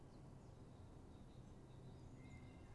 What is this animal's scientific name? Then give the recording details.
Parus major. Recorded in Germany. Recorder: ecoPi